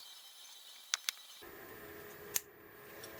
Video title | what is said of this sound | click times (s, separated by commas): KFX90 top end reassemble Kawasaki atv | I don't know if you heard it click, but it went in there, so we're all set. | 0.9 s